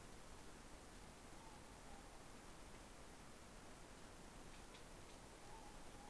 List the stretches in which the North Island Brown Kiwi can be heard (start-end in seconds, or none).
none